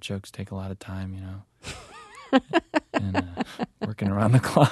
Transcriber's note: soundbite of laughter